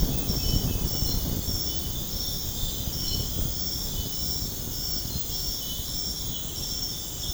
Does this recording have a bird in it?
no